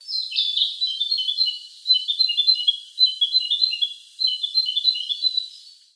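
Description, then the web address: Bird calling with rapid high chirpy trills in bursts of one to two seconds, separated by short pauses, with no other sounds. "Sound Effects-Foundation 1 BIRD 02 CALL 01"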